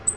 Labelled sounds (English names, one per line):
Black-throated Green Warbler flight call